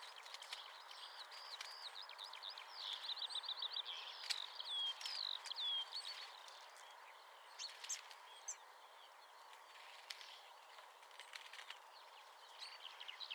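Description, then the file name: Common chaffinch song: a series of repeated high notes ending in a brief flourish, followed by a few scattered chirps and clicks against background noise. "Fringilla coelebs"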